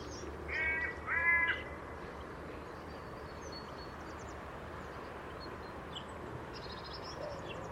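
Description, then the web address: Bird calls: two harsh, stacked calls close together early on, then only faint calls over constant low background noise. "cianscape. Deverinetal 2025. Bird Only"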